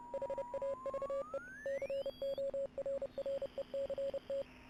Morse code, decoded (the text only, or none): HAVE CORRECT